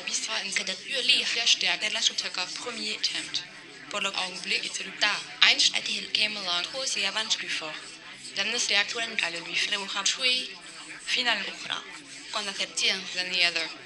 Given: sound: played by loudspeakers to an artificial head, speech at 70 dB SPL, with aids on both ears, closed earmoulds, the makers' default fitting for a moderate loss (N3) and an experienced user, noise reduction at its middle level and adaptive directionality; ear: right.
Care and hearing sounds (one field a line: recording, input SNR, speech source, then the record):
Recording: speech test signal (ISTS) in cocktail-party noise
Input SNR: +3 dB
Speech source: in front (0 degrees)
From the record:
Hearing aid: class 1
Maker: B